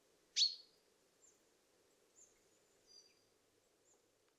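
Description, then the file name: Common chaffinch giving a single sharp, loud note, followed by a few faint high chirps and a low steady hum. "Fringilla coelebs"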